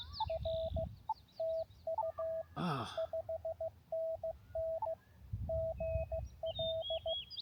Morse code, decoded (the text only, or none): R TU 5NN GL